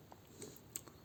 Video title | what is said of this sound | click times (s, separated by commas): Dr Wu Eightfold Review | it'll kind of freely move in there but you want to push it until it clicks | 0.8 s